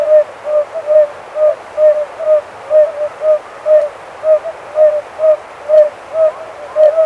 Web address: oriental fire-bellied toad